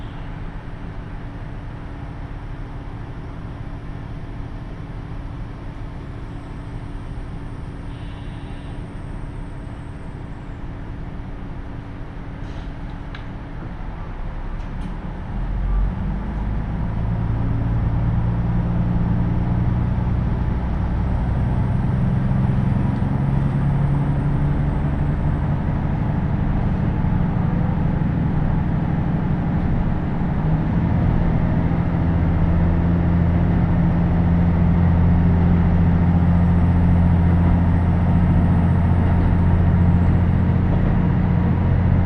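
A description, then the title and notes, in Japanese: A KiHa 75 diesel railcar runs on the Taita Line, opening with a steady low rumble. Around fifteen seconds the engine grows louder and its drone climbs in pitch as the train accelerates, shifting again near thirty seconds and then holding a heavy, even hum to the end. 耳で楽しむ鉄道旅 太多線 美濃太田→多治見キハ75。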